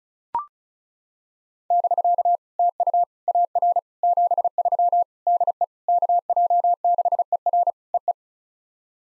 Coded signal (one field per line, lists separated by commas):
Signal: Morse code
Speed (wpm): 35 wpm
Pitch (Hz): 700 Hz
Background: none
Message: <BK> TU AR 73 DE KJ6ER EE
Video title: POTA QSO Practice - 35wpm